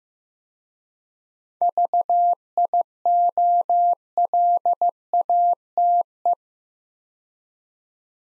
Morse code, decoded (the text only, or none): VIOLATE